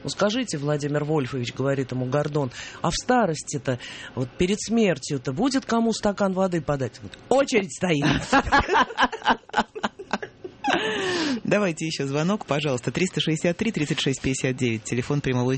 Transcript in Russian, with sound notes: «Ну, скажите, Владимир Вольфович, - говорит ему Гордон, - а в старости-то, перед смертью-то будет кому стакан воды подать?» - «Очередь стоит!» (все смеются) Давайте еще звонок. Пожалуйста, 363-36-59 – телефон прямого эфира.